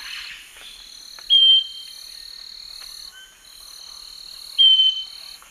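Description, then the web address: Scaly-breasted Wren song: two pure whistled notes about three seconds apart, each sliding slightly downward, against constant buzzing insects. Eastern lowlands of South America. "Natures Songs S America Eastern Lowlands Microcerculus marginatus, song"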